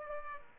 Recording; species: mosquito wingbeat signal from an infrared sensor; Aedes aegypti